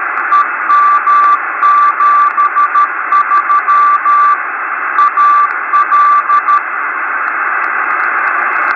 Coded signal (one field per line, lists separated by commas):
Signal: Morse code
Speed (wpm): 11 wpm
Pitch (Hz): 1170 Hz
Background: radio noise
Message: EM73 AL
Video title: 6 Meter Radio Beacons